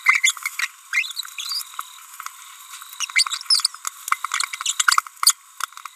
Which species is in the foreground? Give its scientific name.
Forpus passerinus